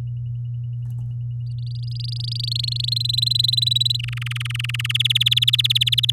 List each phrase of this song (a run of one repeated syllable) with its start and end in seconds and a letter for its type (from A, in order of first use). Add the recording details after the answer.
1.46-2.90 A, 2.92-3.97 B, 3.99-4.92 C, 4.94-6.11 D. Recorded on 9 May 2018 at 06:17. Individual llb16